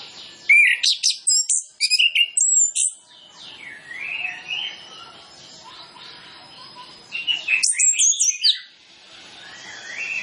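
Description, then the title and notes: Orange-headed Thrush song with loud, varied bursts of high whistles and sharp chirps in the first three seconds, a quieter warbled stretch, then another loud chirpy burst near eight seconds. Song with full isian fill-in phrases; a lure recording meant to get birds singing quickly. "Masteran Anis Kembang Full Isian Untuk Suara Pancingan Anis Kembang Agar Cepat Ngeplong. Suara Burung Anis Kembang"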